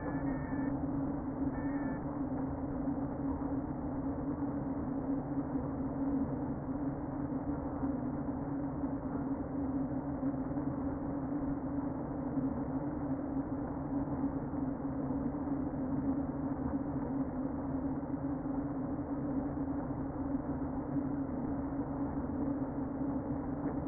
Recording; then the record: honeybee colony, microphone inside the hive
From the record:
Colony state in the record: queen present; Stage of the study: before two queens were removed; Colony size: about 60,000 bees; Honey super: yes